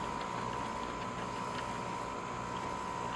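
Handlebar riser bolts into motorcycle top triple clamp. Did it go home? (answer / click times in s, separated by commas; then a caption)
no / none. Two metal bolts for a Motopumps handlebar riser on a Honda Interceptor are fed down and threaded by hand into the top triple clamp so they do not cross-thread; they start very easily before being tightened with a tool. Only a steady broadband hiss with a constant tone near 1 kHz and a few faint soft ticks is heard, at an even level throughout. Nothing has seated or clicked yet.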